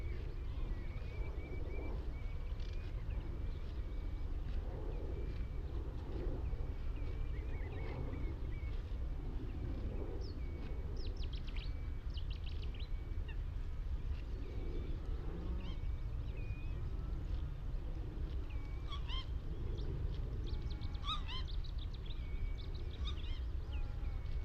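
Lapwings, redshank, Cetti's warblers, geese and ducks call across the Hoo Peninsula on the Thames Estuary, over a steady low rumble that never lets up. Thin whistles and sharp chirps come often throughout, with a busier burst of bright calls around twenty seconds in.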